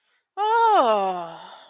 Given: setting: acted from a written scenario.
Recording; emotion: vocal sound without words; realization